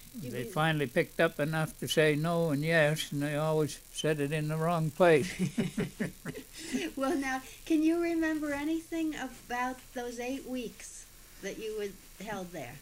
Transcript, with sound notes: They finally picked up enough to say "no" and "yes", and they always said it in the wrong place. (He laughs.)
Well, now, can you remember anything about those eight weeks that you were held there?